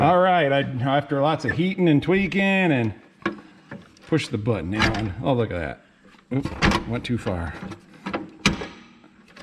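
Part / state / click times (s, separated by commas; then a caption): steering column position latch in the column bracket / seated / 8.5 s. Someone talks as the release button on an Oliver tractor's tilt/telescoping steering column, part of a power steering conversion, is pushed down and the column is moved. Small knocks sound around 3.3–4.0 s and 8.1 s. At 8.5 s the metal latch pin in the column bracket snaps sharply into its detent, and the column is seated and locked in position.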